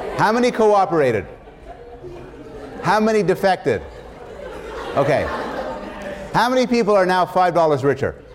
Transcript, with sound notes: How many cooperated? How many defected? [laughter] Okay. How many people are now five dollars richer?